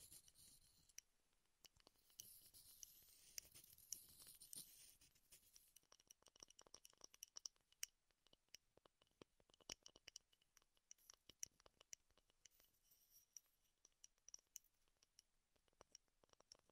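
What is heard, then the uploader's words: Wooden tapping and scratching in dense, irregular clicks, with a hissing brushed texture during the first six seconds before sparser, sharper taps continue. ASMR Wood Triggers in Your Ears (No Talking).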